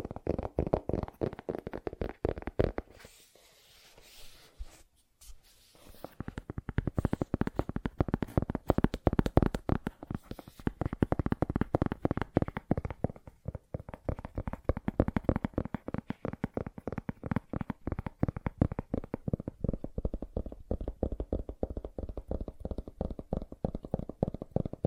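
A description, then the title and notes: Fast, dense tapping runs nearly the whole time, a rapid stream of short knocks with a dull, low body and some brighter clicks on top. Around three to six seconds it briefly drops away and thins, then resumes steadily, dry. ASMR Fast Tapping for Intense Tingles (No Talking).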